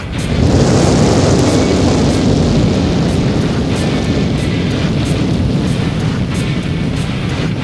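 An active volcano erupts with lava and fire in a loud, unbroken roar, deep rumbling and hissing blending into a dense wall of noise that holds steady for several seconds without separate blasts.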